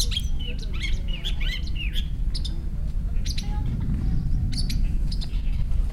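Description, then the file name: Long-tailed shrike giving a quick jumble of chirps and slurred whistles, densest in the first two seconds, then sparser notes, with constant low rumbling background noise. "shrike-long-tailed -Lanius-schach"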